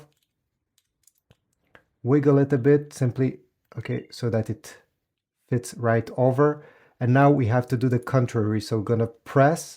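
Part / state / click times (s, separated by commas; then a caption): battery cover onto tracker body / not seated / none. The plastic-and-metal battery cover of an Apple AirTag 2 is wiggled and lined up over the tracker body, making a few faint small taps in the first 1.8 seconds while it is positioned. Someone then talks through the rest of the clip. The cover has not yet been pressed and turned clockwise, so nothing has locked or clicked yet.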